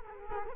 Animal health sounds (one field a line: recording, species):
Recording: mosquito wingbeat signal from an infrared sensor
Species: Culex quinquefasciatus